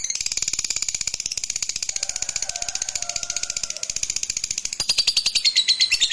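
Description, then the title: Lovebird in rapid, rattling, high chatter that runs nonstop, growing louder and more emphatic near the end. Meant to stimulate a lazy, quiet lovebird so that it eagerly and spontaneously starts singing in the sustained 'narik' style. "LOVEBIRD Malas Bunyi JADI GREGET SPONTAN Langsung NARIK"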